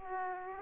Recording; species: mosquito wingbeat signal from an infrared sensor; Aedes aegypti